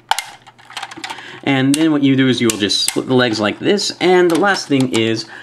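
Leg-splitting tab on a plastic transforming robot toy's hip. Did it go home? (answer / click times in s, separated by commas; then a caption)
released / 0.1 s. A leg-splitting tab on the hip of a large plastic combining, transforming robot toy, the Young Toys Tobot Quadrant (Quatran), is pressed to unlock the legs, giving one loud, sharp click at 0.1 s. A few faint plastic ticks follow as the legs are split apart. Someone then talks, and the legs are released.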